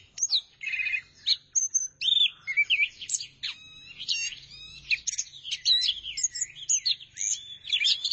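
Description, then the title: Thrush song: long varied medley of whistled slurs, harsh notes and trilled phrases, continuous with little pause. "burung anis"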